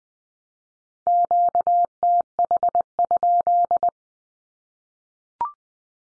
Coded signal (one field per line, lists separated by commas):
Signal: Morse code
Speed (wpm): 20 wpm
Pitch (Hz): 700 Hz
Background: none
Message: QTH?